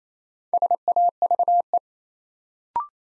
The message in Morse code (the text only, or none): SAVE